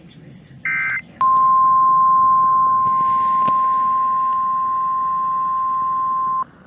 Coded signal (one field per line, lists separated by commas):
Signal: Emergency Alert System (SAME) tones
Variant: 1050 Hz attention tone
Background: speech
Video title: A Slight Bust. EAS alerts from June 9, 2025